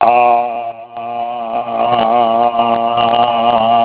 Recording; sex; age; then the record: sustained vowel /a/ by telephone; male; 70 to 79 years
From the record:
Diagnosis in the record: Parkinson's disease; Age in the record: 75 years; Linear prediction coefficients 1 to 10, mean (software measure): 1.28, -0.59, 0.31, -0.93, 0.49, 0.13, -0.12, -0.09, -0.12, 0.18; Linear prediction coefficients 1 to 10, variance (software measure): 0.025, 0.048, 0.073, 0.102, 0.102, 0.040, 0.032, 0.034, 0.026, 0.010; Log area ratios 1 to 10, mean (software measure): -2.28, 2.17, 0.60, 1.02, -0.74, 0.51, 0.41, 0.10, -0.23, -0.36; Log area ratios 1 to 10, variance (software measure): 0.023, 0.354, 0.050, 0.281, 0.112, 0.145, 0.051, 0.069, 0.058, 0.043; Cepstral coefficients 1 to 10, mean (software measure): 1.28, 0.24, 0.26, -0.64, -0.47, -0.03, -0.12, 0.05, 0.06, 0.06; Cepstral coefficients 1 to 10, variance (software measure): 0.025, 0.014, 0.023, 0.023, 0.026, 0.008, 0.009, 0.015, 0.004, 0.007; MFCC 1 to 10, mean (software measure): -4.54, 1.37, -0.41, -1.60, -0.46, 0.61, -0.56, 1.03, 0.24, 0.23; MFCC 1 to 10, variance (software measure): 2.317, 0.046, 0.040, 0.065, 0.228, 0.057, 0.059, 0.057, 0.083, 0.060